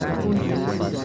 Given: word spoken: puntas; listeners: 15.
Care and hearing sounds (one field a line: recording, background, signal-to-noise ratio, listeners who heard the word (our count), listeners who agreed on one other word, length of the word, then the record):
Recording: one Spanish word in noise, from a listening test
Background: eight-talker babble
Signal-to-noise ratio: -3.4 dB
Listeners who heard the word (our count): 0 of 15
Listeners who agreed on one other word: 6 of 15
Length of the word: 0.65 s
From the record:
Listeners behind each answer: 6, 3, 3, 1, 1, 1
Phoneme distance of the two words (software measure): 7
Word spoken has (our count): 2 syllables, 6 phonemes, stress on syllable 1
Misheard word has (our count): 3 syllables, 7 phonemes, stress on syllable 2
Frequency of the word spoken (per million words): 10.66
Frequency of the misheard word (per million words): 0.13